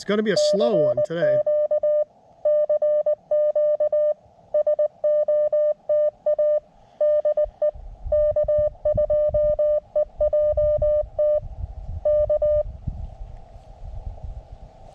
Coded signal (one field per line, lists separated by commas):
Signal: Morse code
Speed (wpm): 19 wpm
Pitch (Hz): 600 Hz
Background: speech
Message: CQ CQ SOTA DE K2EJT K